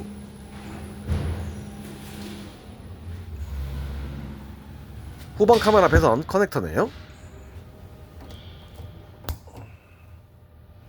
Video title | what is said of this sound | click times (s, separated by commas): 자동차정비 브리핑 랜덤 몰아보기 NO 3 | 딸깍 소리가 났어요. 덜 체결되었네요. | 9.3 s